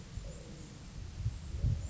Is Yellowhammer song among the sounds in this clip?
no